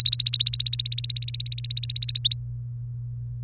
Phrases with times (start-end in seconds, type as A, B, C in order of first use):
0.00-2.34 A